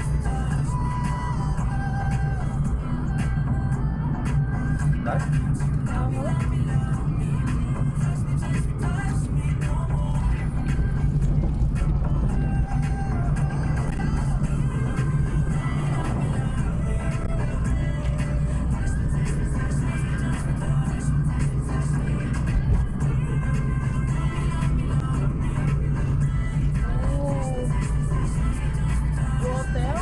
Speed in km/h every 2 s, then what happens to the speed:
55, 55, 55, 54, 54, 55, 56, 56, 55, 56, 56, 55, 53, 52, 53.
0-30 steady at about 55.